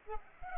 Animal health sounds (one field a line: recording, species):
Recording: mosquito wingbeat signal from an infrared sensor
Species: Culex pipiens